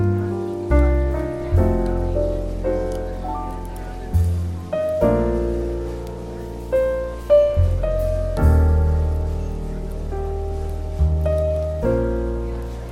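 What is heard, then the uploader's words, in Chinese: Relaxed jazz plays over café ambience, steady piano-like chords changing every second or so over a deep bass line, with soft rain-like hiss beneath. 咖啡馆氛围与轻松舒缓的爵士音乐。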